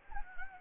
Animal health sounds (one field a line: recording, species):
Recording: mosquito wingbeat signal from an infrared sensor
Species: Anopheles gambiae